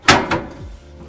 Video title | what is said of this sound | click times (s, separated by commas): Camper van gas heater no electricity truma s 3004 REVIEW/FITTING/INSTALlATION | just clicks into place and voila the total pros for me | 0.1 s, 0.3 s